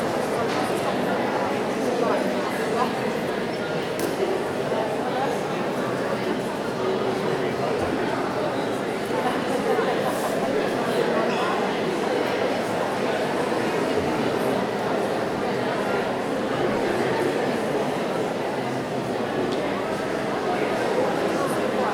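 A busy city-centre shopping mall crowded with people, their overlapping voices merging into a dense, steady murmur with no single speaker standing out. The level stays constant for the whole stretch, with faint clinks and footsteps scattered through the indoor hubbub.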